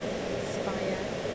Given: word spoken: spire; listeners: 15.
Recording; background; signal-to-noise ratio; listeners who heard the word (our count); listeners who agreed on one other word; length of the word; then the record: one English word in noise, from a listening test; speech-shaped noise; -6.0 dB; 4 of 15; 7 of 15; 0.94 s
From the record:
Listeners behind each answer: 7, 4, 4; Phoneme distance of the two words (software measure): 7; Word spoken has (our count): 2 syllables, 4 phonemes, stress on syllable 1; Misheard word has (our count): 3 syllables, 5 phonemes, stress on syllable 2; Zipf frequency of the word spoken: 3.19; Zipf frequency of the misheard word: 3.52